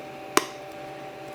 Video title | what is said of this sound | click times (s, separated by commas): EufyMake Wedding Signs: I Made $10k in One Weekend (Free Inkscape Workflow) | You can hear it click. | 0.4 s